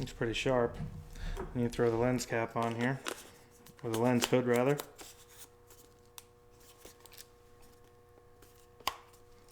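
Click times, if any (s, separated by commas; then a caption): 8.9 s. A lens hood is twisted onto the front bayonet of a camera lens. Someone talks, then after a few faint ticks and scrapes the hood clicks home with a sharp, fairly tight click at 8.9 s and is seated.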